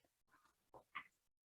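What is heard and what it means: An embroidery module is slid onto a sewing/embroidery machine's ports, making faint scraping and sliding sounds and a softer knock near 0.8 s. A short, sharp click at 1.0 s marks the module engaging and seating. Without that click the module would not be engaged and would give a module error.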